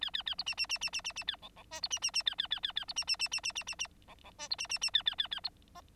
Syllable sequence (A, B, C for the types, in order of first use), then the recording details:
A A A B C C C C C C C A D D E B C C C A A A A A B C C C C C C C C D D E B C C C A A A A B F. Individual Bird9